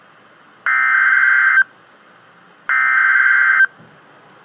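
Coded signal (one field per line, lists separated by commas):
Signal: Emergency Alert System (SAME) tones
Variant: header bursts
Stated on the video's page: Real EAS flash flood warning.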